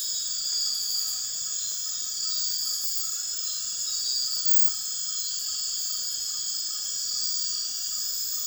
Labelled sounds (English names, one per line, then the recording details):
none
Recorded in dense forest near Puerto Asís, Putumayo, Colombia, on 18 February 2024 at 23:30
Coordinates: 0.502, -76.326
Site G6460